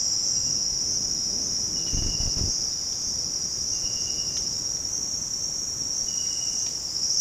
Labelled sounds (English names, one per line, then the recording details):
none
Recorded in dense forest near Puerto Asís, Putumayo, Colombia, on 18 February 2024 at 08:00
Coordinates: 0.472, -76.329
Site G6394